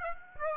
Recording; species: mosquito wingbeat signal from an infrared sensor; Aedes aegypti